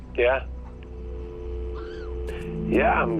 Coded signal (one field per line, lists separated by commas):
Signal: telephone call progress tone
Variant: North America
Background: speech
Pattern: dial tone